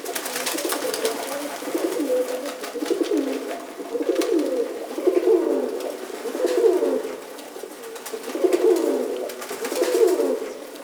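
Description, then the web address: Pigeons cooing in soft, repeated low phrases over a steady background hiss. Exterior ambience. "Warframe. Exterior Pigeons Loop"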